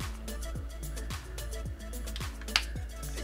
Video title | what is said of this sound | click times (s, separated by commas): SOUNDCORE LIFE P3 EARBUDS UNBOXING - TECHMAS 2021 | clicks right in it's magnetized pretty standard clicks right in | 2.6 s